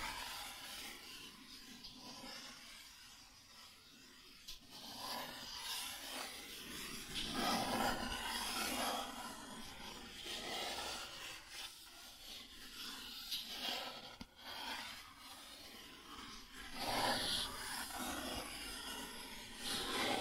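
Cardboard being scratched and rubbed, a dry rasping texture that runs continuously with uneven swells in loudness. Strokes come in irregular bursts, heavier around seconds 5, 7–9, 11–13 and 17, with a brief sharp dip near 14 seconds.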